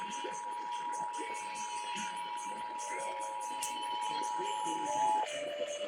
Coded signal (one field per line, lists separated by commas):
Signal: Emergency Alert System (SAME) tones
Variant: 853 and 960 Hz attention tone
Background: speech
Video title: NEW YEAR, NEW TESTS, NEW FORMAT! EAS Tests from January 2023